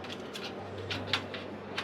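A metal roofing sheet is laid over a screwed-down sheet and pressed so its seam interlocks with the adjacent sheet, hiding the screw. Over a steady low hum, short bright snaps are heard, the loudest at 1.1 s when the sheet locks into the seam. The sheet seats and locks.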